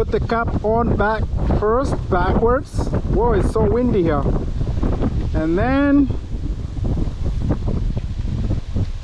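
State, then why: Not seated. Someone talks over strong wind noise outdoors while an end cap is fitted backwards onto a PV wire and a metal pin contact is lined up to be stuck into an MC4 connector housing. Short handling knocks come at about 4.8 s and 8.0 s, but nothing has clicked or seated yet.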